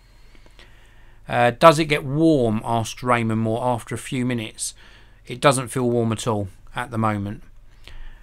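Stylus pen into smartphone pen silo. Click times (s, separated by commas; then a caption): 0.6 s. A plastic stylus pen is pushed back into the pen silo of a Samsung Galaxy Note 8 smartphone and clicks into place at 0.6 s, where it is held. Someone then talks, and another short click is heard at 7.9 s.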